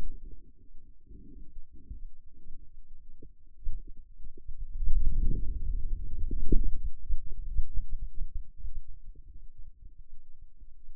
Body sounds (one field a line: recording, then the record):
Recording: forearm muscle sounds (acoustic myography)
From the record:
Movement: outward rotation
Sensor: system 2, bracelet of six BSWA MPA416 microphones around the upper forearm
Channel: 3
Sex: male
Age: 22 years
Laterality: right